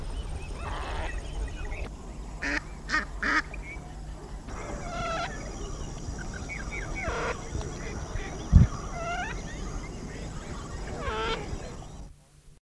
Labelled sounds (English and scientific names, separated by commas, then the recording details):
Red-billed Teal (Anas erythrorhyncha) call
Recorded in the wild
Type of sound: call
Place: Ngamisee, North West District, BW
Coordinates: -20.4612, 22.7985
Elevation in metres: 924
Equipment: Halbspur, 9,5 cm/s
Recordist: Lütgens, Hans
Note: Rufe